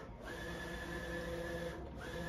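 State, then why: Not seated. The print head carriage of a Roland large format printer is pushed across over cap tops flooded with cleaning solution toward the capping station's head soak position. A steady mechanical hum with sustained whining tones is heard, easing briefly near 0.2 s and again around 1.8 to 2.0 s. The carriage is still being handled, and nothing has seated or clicked into place yet.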